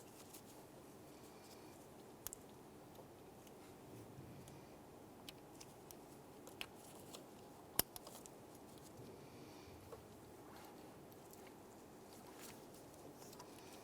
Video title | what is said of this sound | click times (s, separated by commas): How to Replace Ignition Coil 1995-2001 Ford Explorer | and the little clips will snap into place. | 2.3 s, 6.6 s, 7.8 s